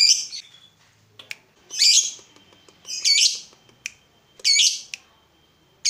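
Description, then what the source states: Yellow-vented bulbul giving several harsh, scratchy bursts, with faint clicks and ticks between them. Used as a bird lure (pikat).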